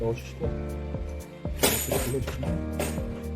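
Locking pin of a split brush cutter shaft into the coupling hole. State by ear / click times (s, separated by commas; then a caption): not seated / none. Someone talks over steady background music while handling the two sections of a Kostool 4-stroke engine brush cutter's split shaft, lining them up so the spring locking pin will go into the coupling hole. Only handling noise and soft knocks are heard, including a sharp bump around 1.5 s. Nothing has seated or clicked yet.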